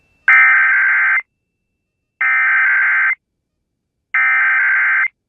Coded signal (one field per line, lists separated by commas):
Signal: Emergency Alert System (SAME) tones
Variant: header bursts